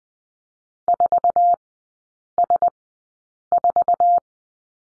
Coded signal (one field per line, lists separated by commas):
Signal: Morse code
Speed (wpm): 20 wpm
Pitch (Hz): 700 Hz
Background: none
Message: 4S4